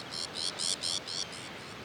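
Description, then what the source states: Sabine's gull uttering a short string of six grating, chattering notes that swell then fade, above faint background noise. Recorded on Jan Mayen on 14 July 2024.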